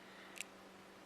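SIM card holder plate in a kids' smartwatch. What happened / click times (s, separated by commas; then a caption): The small metal holder plate clicked open / 0.4 s. In a kids' smartwatch with the battery removed, a finger slides the small metal SIM card holder plate back. A single sharp tick at 0.4 s marks the plate clicking open, unlocked so it can lift up. There is no talk in the clip.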